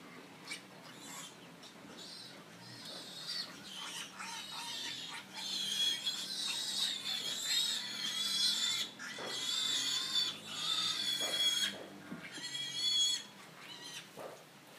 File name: Pigs Squealing